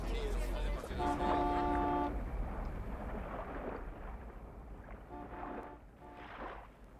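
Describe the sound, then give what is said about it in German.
A car horn, heard from afar on arriving in Miramalfi at midday, gives a steady, one-second honk, then a second, shorter double toot a few seconds later, both sounding over a constant rushing, windy background rumble. “Die Autohupe haben wir gehört.”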